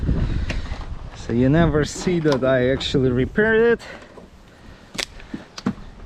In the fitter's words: so it's going to go like this and click in place